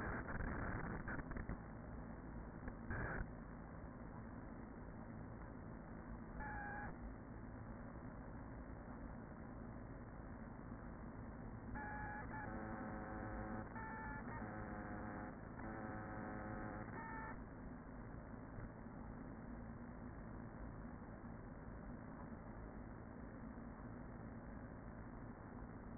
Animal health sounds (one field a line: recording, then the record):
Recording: honeybee colony, microphone inside the hive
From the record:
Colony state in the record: queen present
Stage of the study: after two queens were removed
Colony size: about 40,000 bees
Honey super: no